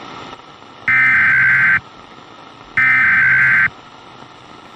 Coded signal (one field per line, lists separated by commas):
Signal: Emergency Alert System (SAME) tones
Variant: header bursts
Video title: [ZOMBIE EAS / ANALOG HORROR] CODA: REBOOTED - MVT. 2: CRESCENDO